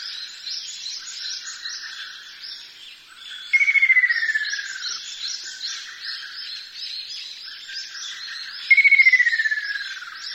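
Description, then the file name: Ruddy kingfisher call: a falling, fading trill given twice about five seconds apart, against a dense background chorus of insects. "akashobin"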